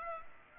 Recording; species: mosquito wingbeat signal from an infrared sensor; Culex pipiens